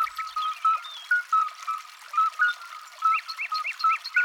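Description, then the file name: Midwife toad piping: clear, short, bell-like notes repeated in a loose rhythm, while a bird gives quick chirps in the background. "Alyte"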